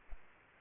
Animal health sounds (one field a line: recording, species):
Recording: mosquito wingbeat signal from an infrared sensor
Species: Aedes aegypti